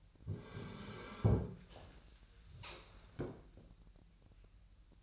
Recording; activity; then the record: daily activity, microphone in the room; sit down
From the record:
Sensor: 2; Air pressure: 1001.5 hPa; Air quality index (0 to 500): 243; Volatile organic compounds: 78 ppm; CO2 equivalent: 3591 ppm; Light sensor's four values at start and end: 7/16/7/7 and 9/22/9/9